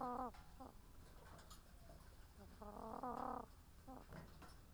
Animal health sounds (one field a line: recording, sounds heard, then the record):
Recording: poultry house recording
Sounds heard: sick chickens (respiratory disease)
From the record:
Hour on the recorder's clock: 13